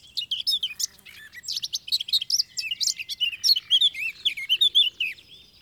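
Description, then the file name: Eurasian blackcap singing a continuous, fast, rich warble of mixed whistles and chattering notes that shift pitch constantly throughout. "Sylvia atricapilla"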